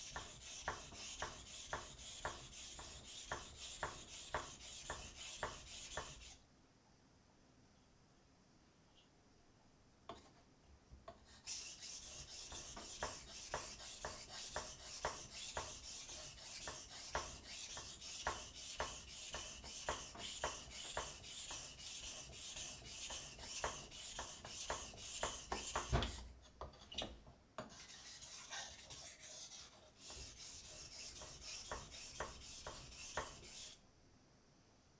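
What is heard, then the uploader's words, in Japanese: A kitchen knife is sharpened on a whetstone with quick, regular scraping strokes, a dense raspy back-and-forth that runs steadily. The strokes pause around six to eleven seconds and briefly near twenty-six and thirty seconds, with a soft clack, then resume. 環境音 久しぶりの包丁研ぎ。3本研いで少し疲れました。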